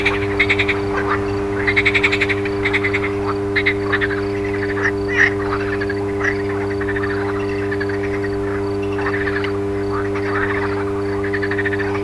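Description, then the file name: Frogs croaking in short pulsed bursts over a constant low electrical hum with steady tonal bands. Frogs recorded alongside an electrical transformer's hum. "grenouilles et transformateur"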